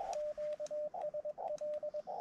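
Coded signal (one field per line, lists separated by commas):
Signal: Morse code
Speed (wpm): 21 wpm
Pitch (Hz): 600 Hz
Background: radio noise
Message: QSL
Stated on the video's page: Summits On The Air activation sharing one rig, hunting summit-to-summit contacts, testing a random wire antenna.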